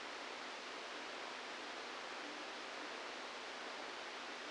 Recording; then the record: brain microelectrode recording played as sound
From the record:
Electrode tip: outside the subthalamic nucleus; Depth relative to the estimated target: 3 mm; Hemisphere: left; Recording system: NeuroSet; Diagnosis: Parkinson's disease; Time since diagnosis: 17 years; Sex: male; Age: 64 years